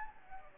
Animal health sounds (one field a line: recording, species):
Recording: mosquito wingbeat signal from an infrared sensor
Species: Anopheles gambiae